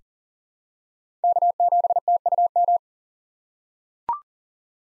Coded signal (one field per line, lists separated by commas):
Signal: Morse code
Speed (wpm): 40 wpm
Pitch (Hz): 700 Hz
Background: none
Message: K7TUM